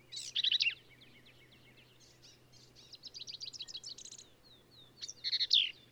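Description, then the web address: Black-capped vireo singing: a squeaky phrase, then a soft series of rapid ticking notes, ending in another bright, scratchy burst. "birdsongforthecurious Black-capped Vireo"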